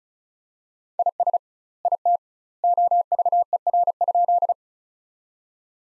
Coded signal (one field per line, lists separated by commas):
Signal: Morse code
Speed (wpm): 34 wpm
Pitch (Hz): 700 Hz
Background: none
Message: IS IT OVER?